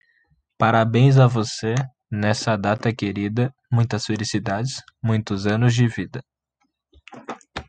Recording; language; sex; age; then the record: short text; Brazilian Portuguese; male; 18 to 19 years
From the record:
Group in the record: control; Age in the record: 19 years